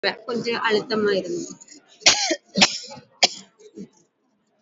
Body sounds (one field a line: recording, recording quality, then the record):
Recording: heavy voluntary cough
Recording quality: moderate, slight background noise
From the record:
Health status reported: healthy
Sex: female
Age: 45 years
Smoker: no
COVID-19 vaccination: one dose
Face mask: worn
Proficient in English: no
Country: India